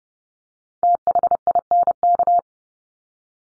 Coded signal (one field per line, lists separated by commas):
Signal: Morse code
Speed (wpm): 30 wpm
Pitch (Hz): 700 Hz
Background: none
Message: THINK